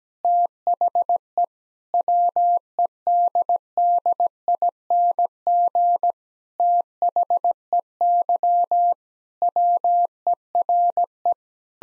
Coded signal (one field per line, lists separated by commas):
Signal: Morse code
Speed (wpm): 17 wpm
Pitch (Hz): 700 Hz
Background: none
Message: THE WEDDING THEY WERE